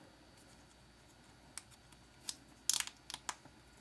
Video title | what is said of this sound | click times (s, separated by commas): Lindberg 1934 Ford Roadster Pickup Model Kit Build Review | and they snap right in there nice | 2.7 s, 3.3 s